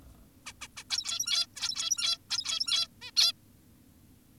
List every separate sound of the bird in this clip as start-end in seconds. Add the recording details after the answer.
0.46-0.53, 0.62-0.68, 0.77-0.84, 0.90-1.47, 1.56-2.18, 2.30-2.88, 3.02-3.11, 3.17-3.32. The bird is an adult. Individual g17y2U